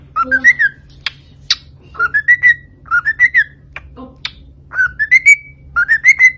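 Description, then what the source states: Cockatiel whistled song, repeated rising whistle phrases of four or five notes, interspersed with sharp clicking sounds. Several cockatiels singing and whistling.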